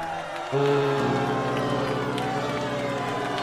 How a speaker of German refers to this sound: Als er vor über einem Jahr, am 1. Juni 1910, mit seinem Schiff Terra Nova in England aufbrach, jubelten ihm die Menschen von beiden Seiten der Themse zu.